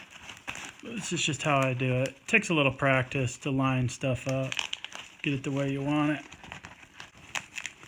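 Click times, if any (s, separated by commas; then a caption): 7.4 s, 7.7 s. A MOLLE attachment strap is woven through bag webbing and its end pushed home while someone talks, with crinkling and handling noise between phrases. Sharp clicks at 7.4 s and 7.7 s mark the strap locking into place, and it has a lift tab for opening it again.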